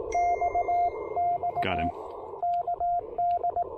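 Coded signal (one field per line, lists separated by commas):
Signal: Morse code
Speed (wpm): 19 wpm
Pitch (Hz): 690 Hz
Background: speech, radio noise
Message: XX KD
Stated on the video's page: QRP Parks on the Air field activation using a Ten-Tec Argonaut V transceiver.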